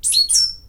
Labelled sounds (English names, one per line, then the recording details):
Stitchbird song
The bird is a male
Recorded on Tiritiri Matangi Island, New Zealand, in 2005
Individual 22, of nest box 31